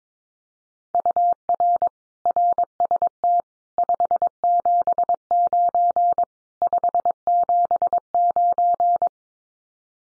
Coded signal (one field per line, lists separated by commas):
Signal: Morse code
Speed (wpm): 22 wpm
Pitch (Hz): 700 Hz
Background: none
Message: UR RST 579 579